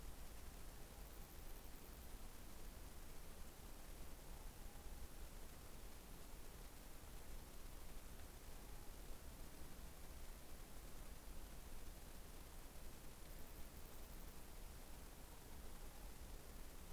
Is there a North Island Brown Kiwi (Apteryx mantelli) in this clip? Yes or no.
no